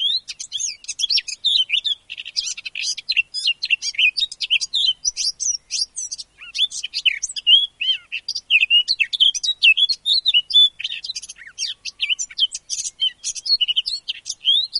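Eurasian blackcap pouring out a sustained, busy warble of quick twittering and whistled notes, steady in volume across the whole stretch.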